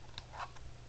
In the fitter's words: It basically clicks into place and it locks.